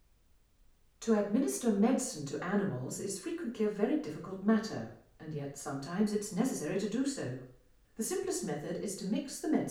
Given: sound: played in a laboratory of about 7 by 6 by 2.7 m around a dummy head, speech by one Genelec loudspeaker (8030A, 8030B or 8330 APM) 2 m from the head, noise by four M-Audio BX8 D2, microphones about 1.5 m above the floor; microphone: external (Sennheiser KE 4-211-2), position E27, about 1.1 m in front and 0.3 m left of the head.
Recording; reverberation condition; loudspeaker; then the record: female speech in English; medium; 150 degrees to the left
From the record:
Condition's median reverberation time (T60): about 510 ms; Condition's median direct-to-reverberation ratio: about -0.5 dB